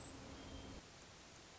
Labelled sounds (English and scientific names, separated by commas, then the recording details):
Hermit Thrush (Catharus guttatus)
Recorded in Sonoma County, California